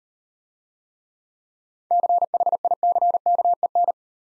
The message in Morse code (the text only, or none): CHICKEN